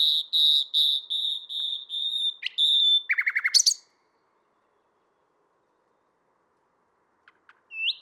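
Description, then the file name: Common nightingale song: a series of pure high whistled notes repeated steadily, then a fast rattling burst and a rising note, followed by silence and a final upslurred whistle. "Luscinia megarhynchos"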